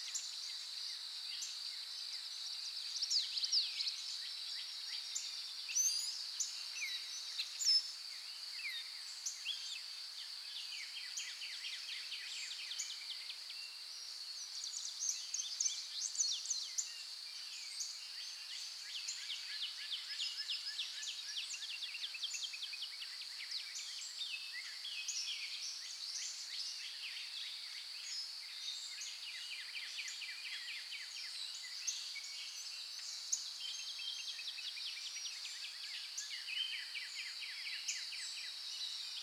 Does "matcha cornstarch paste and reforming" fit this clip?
no